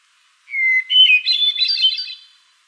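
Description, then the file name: Hermit thrush song phrase: a long clear whistle dipping slightly, followed by a rich cascade of fluty higher notes. "HETH song"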